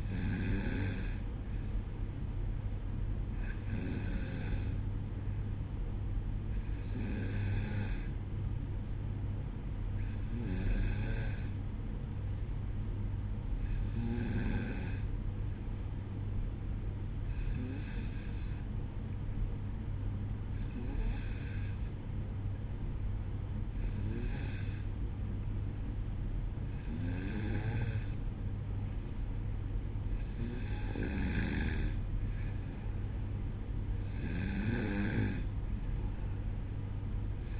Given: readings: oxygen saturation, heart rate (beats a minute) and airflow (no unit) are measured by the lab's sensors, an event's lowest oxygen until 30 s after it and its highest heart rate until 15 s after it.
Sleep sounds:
breathing in sleep by a smartphone at the bedside; none
none scored
From the record:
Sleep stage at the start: N2 (light sleep); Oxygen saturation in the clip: 93 to 95%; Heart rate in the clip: 61 to 64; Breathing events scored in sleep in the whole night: 305 in 9.6 hours asleep

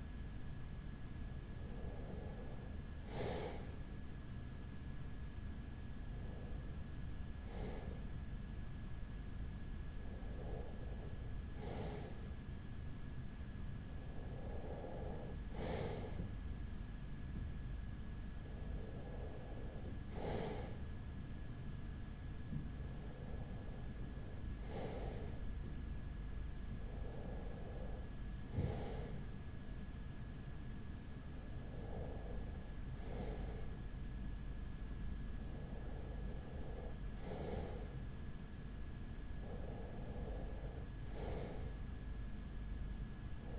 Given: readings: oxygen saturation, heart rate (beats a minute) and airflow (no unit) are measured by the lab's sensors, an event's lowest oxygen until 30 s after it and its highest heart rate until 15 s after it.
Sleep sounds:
breathing in sleep by a smartphone at the bedside; none
none scored
From the record:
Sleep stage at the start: REM sleep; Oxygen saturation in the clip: 94 to 95%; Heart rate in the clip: 35 to 42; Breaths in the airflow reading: 10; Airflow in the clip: -4.8 to 3.8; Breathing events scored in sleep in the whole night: 207 in 7.6 hours asleep

